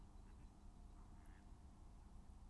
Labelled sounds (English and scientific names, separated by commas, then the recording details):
Mallard (Anas platyrhynchos)
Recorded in Germany
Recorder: ecoPi